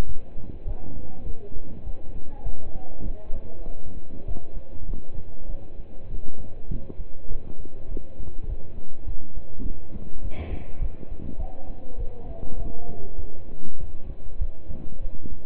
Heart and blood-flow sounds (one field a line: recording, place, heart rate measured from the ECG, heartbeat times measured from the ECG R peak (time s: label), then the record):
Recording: heart sounds by stethoscope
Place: between the tricuspid and mitral areas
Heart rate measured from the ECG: 100 bpm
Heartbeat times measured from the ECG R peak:
0.08 s: heartbeat
0.67 s: heartbeat
1.26 s: heartbeat
1.86 s: heartbeat
2.45 s: heartbeat
3.06 s: heartbeat
3.67 s: heartbeat
4.27 s: heartbeat
4.88 s: heartbeat
5.49 s: heartbeat
6.10 s: heartbeat
6.70 s: heartbeat
7.30 s: heartbeat
7.90 s: heartbeat
8.49 s: heartbeat
9.07 s: heartbeat
9.65 s: heartbeat
10.23 s: heartbeat
10.81 s: heartbeat
11.39 s: heartbeat
11.99 s: heartbeat
12.59 s: heartbeat
13.18 s: heartbeat
13.80 s: heartbeat
14.41 s: heartbeat
15.02 s: heartbeat
From the record:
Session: pedaling a stationary bicycle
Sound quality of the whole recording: partially saturated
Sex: male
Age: 27 years